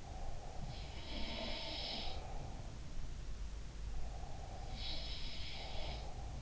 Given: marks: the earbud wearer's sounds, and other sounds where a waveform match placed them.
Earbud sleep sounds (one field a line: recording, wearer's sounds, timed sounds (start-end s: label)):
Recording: sounds in sleep by an in-ear microphone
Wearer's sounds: breath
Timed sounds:
0.00-2.62 s: breath
0.87-2.32 s: sound from someone else or the room
3.86-6.42 s: breath
4.62-6.42 s: sound from someone else or the room